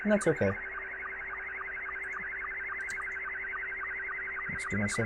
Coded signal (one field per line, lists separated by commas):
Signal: SSTV (slow-scan television)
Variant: Scottie 2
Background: speech